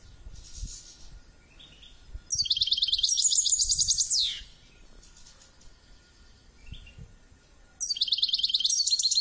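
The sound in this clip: Finch giving soft chirps, then two loud runs of fast, high trilling chirps several seconds apart.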